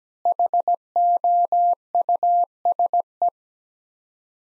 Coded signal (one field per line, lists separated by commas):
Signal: Morse code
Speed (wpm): 17 wpm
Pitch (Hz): 700 Hz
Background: none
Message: HOUSE